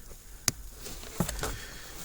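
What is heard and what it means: A remote-start wiring harness plug from a Fortin RFK411 kit is pushed into the vehicle connector on a 2013–2019 Ford Escape. It gives a single sharp snap at 0.5 s, showing it is fully seated. A few softer, duller knocks follow around 1.2–1.4 s over low background noise.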